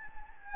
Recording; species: mosquito wingbeat signal from an infrared sensor; Anopheles gambiae